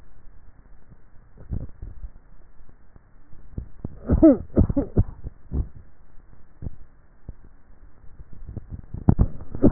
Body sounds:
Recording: swallowing sounds by neck microphone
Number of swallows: 2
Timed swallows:
1.38-2.12 s: swallow
8.08-8.52 s: swallow
From the record:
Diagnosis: dysphagia

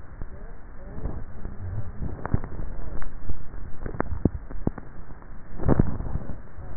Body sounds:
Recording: swallowing sounds by neck microphone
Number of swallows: 1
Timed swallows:
3.58-4.48 s: swallow
From the record:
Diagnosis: dysphagia

